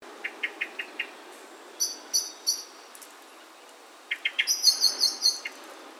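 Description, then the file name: Common blackbird uttering short runs of dry clicking chinks, with high thin repeated notes in between. "Turdus merula"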